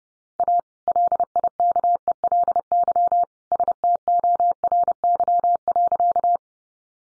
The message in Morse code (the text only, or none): A LIKELY STORY.